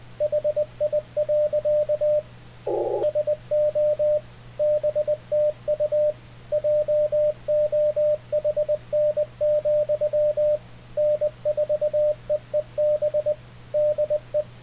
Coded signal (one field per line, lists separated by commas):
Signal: Morse code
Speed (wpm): 20 wpm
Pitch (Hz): 600 Hz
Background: radio noise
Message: HI. SO BTU JOHN, N4EEB DE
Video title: How to Send and Receive CW Ham Radio Deluxe HDR Icom 7300